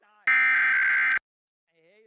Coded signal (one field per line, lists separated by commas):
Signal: Emergency Alert System (SAME) tones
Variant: header bursts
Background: speech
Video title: Pennsylvania Required Monthly Test (EAS #757-762) 8/17/23